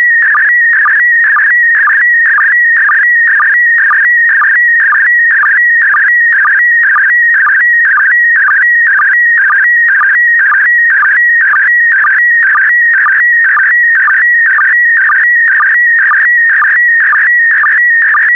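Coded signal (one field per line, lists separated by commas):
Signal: SSTV (slow-scan television)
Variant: PD120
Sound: warbling, chirping tone repeating about twice a second, with short low sync blips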